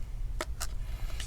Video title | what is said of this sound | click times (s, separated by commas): Macbook A1534 2017 2016 Keyboard Replacement | so go ahead and snap it back on | 0.4 s